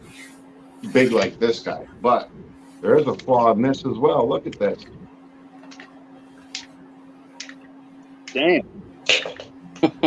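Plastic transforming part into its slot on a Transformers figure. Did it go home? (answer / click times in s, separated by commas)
no / none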